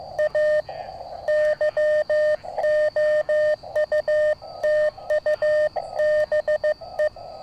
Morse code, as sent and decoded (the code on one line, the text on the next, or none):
.- / -.-- --- ..- - ..- -... .
A YOUTUBE